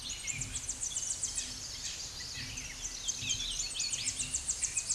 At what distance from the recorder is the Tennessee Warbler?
about 25 m